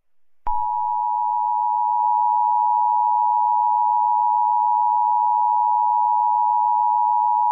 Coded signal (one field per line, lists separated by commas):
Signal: Emergency Alert System (SAME) tones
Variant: 853 and 960 Hz attention tone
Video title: EAS Scenario #48: Mickey Error 4: The Return Of Mickey Error: This Was All A Dream